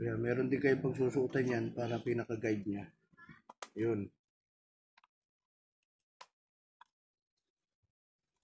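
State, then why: Seated. Someone talks while reassembling a mini Bluetooth speaker after a battery change, sliding a plastic housing part along its guide into the speaker body. After the talking stops, faint ticks come at about 5.0 s, then a sharp click at 6.2 s as the part locks into place, with a smaller tick at 6.8 s. The housing part is seated and tight.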